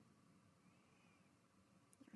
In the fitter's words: and then you push that down until it clicks all the way down there's